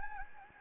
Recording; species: mosquito wingbeat signal from an infrared sensor; Anopheles gambiae